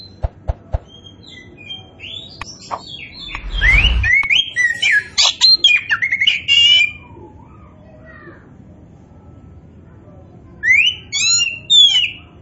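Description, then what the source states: Oriental magpie-robin song of whistles, trills and harsh notes, preceded by a few clicks and a dull thump, then a quiet gap before more sweeping whistles. Indonesian name kacer poci; gacor, describing a bird that sings actively and persistently.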